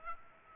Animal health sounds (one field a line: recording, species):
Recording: mosquito wingbeat signal from an infrared sensor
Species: Aedes aegypti